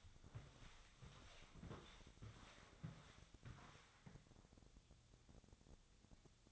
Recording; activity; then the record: daily activity, microphone in the room; walk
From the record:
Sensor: 3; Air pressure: 1000.5 hPa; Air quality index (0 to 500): 168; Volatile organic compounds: 3 ppm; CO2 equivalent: 1463 ppm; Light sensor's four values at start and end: 18/47/19/21 and 19/49/20/22